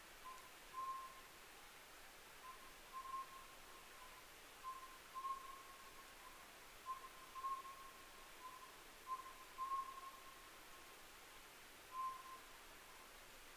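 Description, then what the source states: Oriental scops owl call, short whistled notes in rhythmic groups, repeated steadily throughout over quiet background hiss. Recorded 15 May 2010 at 23:06.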